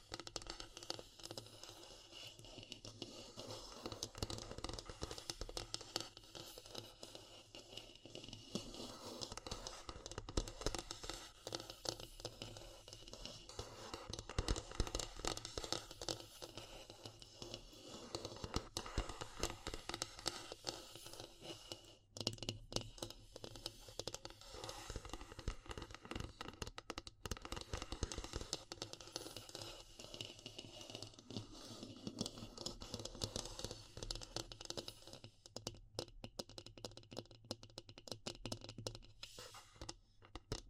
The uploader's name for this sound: Natural Triggers Wood, Bamboo and Straw